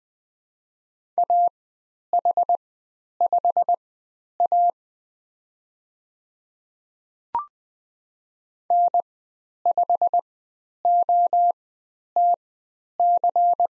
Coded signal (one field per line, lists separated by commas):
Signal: Morse code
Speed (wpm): 20 wpm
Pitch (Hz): 700 Hz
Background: none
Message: AH5A N5OTC